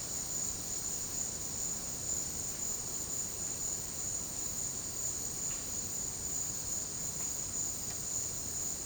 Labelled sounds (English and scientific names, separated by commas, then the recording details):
none
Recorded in dense forest near Puerto Asís, Putumayo, Colombia, on 19 March 2025 at 12:00
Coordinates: 0.481, -76.323
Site G088